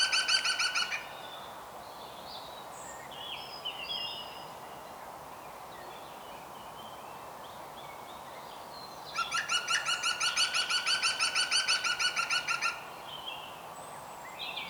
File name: Groene Specht Picus viridis